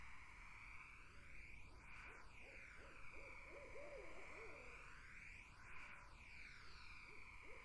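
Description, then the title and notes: Barred owl giving a long series of deep hoots that waver and rise into a louder flourish, then trail off, over a steady sweeping hiss. Barred owls in a summer wetland. "Barred Owls in a Summer Wetland. The Wild Life"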